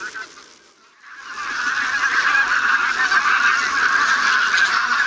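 Bean goose flock honking, a brief lull near the start then a sudden swell into continuous loud overlapping nasal calls.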